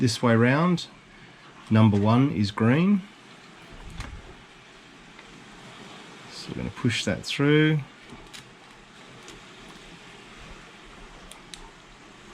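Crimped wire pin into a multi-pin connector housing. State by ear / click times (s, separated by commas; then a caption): seated / 11.3 s, 11.5 s. Someone talks while a crimped pin on the green wire is pushed through into position one of a plastic Deutsch multi-pin connector housing, as part of monitoring a boat's battery banks. Two faint, short clicks are heard at 11.3 s and 11.5 s as the pin locks into place. The pin is seated right up at the front of the housing.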